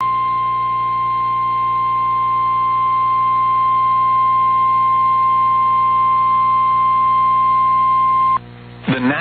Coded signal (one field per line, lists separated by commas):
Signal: Emergency Alert System (SAME) tones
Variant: 1050 Hz attention tone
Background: speech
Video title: EAS 120-121 at Sun Jun 29 2025 6:16:30 PM